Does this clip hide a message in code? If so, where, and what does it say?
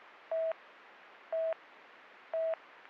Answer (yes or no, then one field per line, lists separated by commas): no